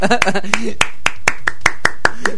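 Steady rhythmic hand clapping, around ten sharp, crisp claps at an even pace, with a brief murmur of voices under the first few claps before the clapping continues alone.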